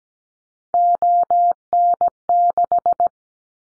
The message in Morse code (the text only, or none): ON6